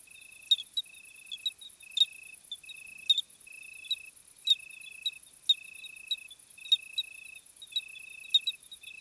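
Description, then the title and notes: Cricket chorus of short high trilled bursts, each about half a second, repeated roughly once a second, with sharp clicks and a faint very high insect hiss behind. Crickets on a hot summer night, 26 July 2020 at 21:15, Plateau de Lesches-en-Diois; Nagra Seven with B&K omni microphone. "SOIRÉE DE GRILLONS D’ÉTÉ. 26 juillet 2020-21h15-Plateau de Lesches en diois"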